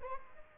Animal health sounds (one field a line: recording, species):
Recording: mosquito wingbeat signal from an infrared sensor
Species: Aedes albopictus